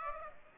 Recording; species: mosquito wingbeat signal from an infrared sensor; Aedes aegypti